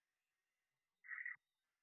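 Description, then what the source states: Red-eyed tree frog giving a single short clucking note, about a third of a second long, in otherwise near silence. Call type 2.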